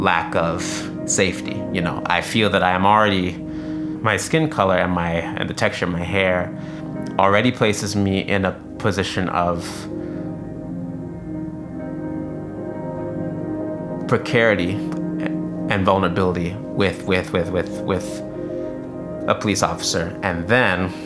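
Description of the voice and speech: A low-pitched adult male voice speaks in halting phrases, broken by a silent block of over four seconds before one word, a drawn-out sound, and a five-fold whole-word repetition ("with with with with with"). These blocks, prolongations and repetitions are typical of stuttering, which for this man comes up when talking with police.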